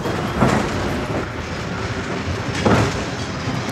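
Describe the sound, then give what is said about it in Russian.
A green suburban electric train rumbles steadily as it pulls away from a platform, its broad, continuous roar broken by two louder wheel clacks spaced a couple of seconds apart. “Электричка трогается.”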